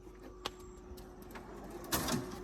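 A caravan fridge slide is pushed in to lock with its locking latch, but it does not click into place and the slide just moves back out, so the latch is broken. Nothing has clicked or seated; there is only a brief sharp tap at 0.5 s, a fainter knock at 1.4 s, and a louder burst of rustling noise around 1.9–2.2 s over a faint steady hum.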